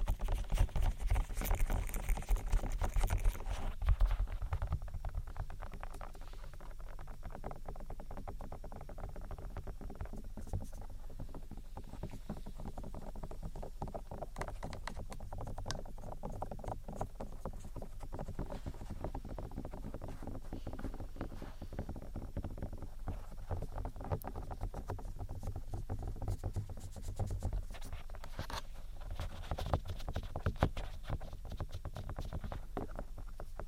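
Close ear-attention sounds: soft tapping, rubbing and cupping over the microphone, with dense, continuous scratchy friction and quick irregular taps throughout. The first few seconds are louder and brighter, then the rubbing settles into a steady, muffled texture with occasional sharper clicks.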